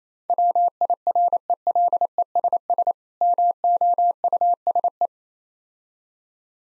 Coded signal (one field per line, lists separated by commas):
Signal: Morse code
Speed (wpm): 28 wpm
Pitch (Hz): 700 Hz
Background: none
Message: WIRELESS MOUSE